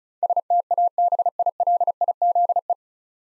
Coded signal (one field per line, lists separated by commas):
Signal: Morse code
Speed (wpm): 36 wpm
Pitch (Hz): 700 Hz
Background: none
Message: STABILIZE